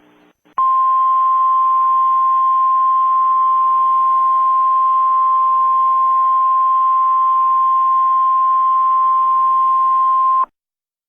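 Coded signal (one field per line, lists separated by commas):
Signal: Emergency Alert System (SAME) tones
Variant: 1050 Hz attention tone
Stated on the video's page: Mock EAS blizzard alert made with editing software, not a real broadcast.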